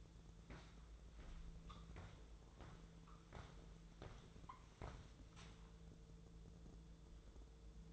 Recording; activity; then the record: daily activity, microphone in the room; walk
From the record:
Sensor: 3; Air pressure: 1005.4 hPa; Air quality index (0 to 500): 94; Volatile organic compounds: 3 ppm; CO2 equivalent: 1475 ppm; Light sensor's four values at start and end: 10/24/10/9 and 9/21/9/9